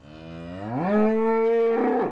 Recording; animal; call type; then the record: contact call of a hoofed animal; cattle; low-frequency (closed-mouth) or high-frequency (open-mouth) call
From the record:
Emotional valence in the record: negative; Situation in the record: full separation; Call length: 2.1 s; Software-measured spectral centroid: 910 Hz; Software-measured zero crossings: 1100 a second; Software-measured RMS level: -23 dBFS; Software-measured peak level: -11 dBFS